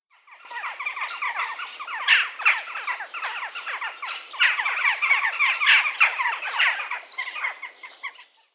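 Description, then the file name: Western jackdaw harsh chattering, a dense run of rapid clipped squawks lasting about eight seconds. "Corvus monedula"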